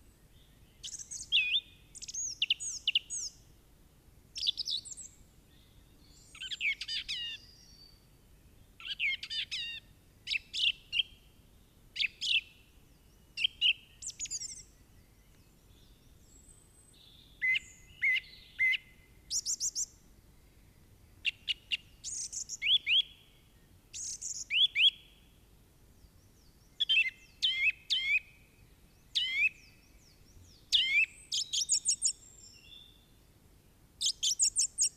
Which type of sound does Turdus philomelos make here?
song